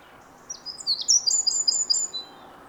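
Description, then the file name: Eurasian wren song: a rapid burst of very high, sharp notes and short trilled runs lasting under two seconds, loud and clear over a soft background hiss. "Troglodytes troglodytes"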